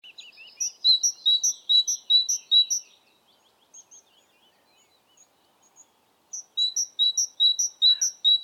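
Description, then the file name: Great tit song: bright two-note phrases, high then lower, repeated rapidly in two bursts separated by a quiet gap with faint twittering. "Parus major"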